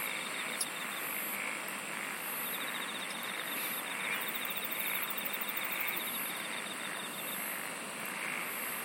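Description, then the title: Insects singing, with long pulsed trills running for several seconds and high chirping bursts over steady hiss. "SINGING OF INSECTS"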